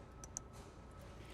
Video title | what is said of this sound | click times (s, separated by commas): How to Install and Test PreView Sentry on a Refuse Truck | the connection there are two tabs that you'll want to hear each one click so there should be two clicks and the | 0.2 s, 0.4 s